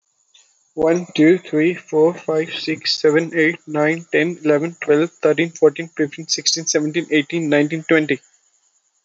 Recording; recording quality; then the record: counting at a fast pace; excellent, no background noise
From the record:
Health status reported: healthy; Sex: male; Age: 21 years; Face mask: not worn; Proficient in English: yes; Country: India